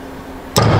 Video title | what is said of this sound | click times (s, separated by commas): Advanblack Vengeance Floorboards, Brake, Heel/Toe Shifter - Install | You can hear it click down into the bottom position. | 0.6 s